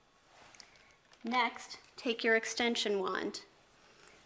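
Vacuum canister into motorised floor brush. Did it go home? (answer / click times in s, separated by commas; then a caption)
yes / 0.6 s. A Shark Navigator Lift-Away Professional's portable lift-away canister is lined up with the back of the motorised floor brush and pushed down, giving a sharp double click at about 0.6 s as it seats into place. Someone then talks from about 1.2 s to 3.5 s.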